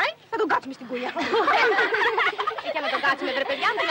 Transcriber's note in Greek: γελάνε όλες μαζί